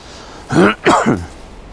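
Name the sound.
cough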